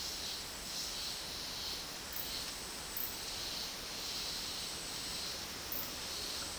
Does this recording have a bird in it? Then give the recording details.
no. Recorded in dense forest near Puerto Asís, Putumayo, Colombia, on 21 February 2024 at 13:30. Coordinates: 0.499, -76.324. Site G6469